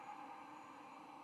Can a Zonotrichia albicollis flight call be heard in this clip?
no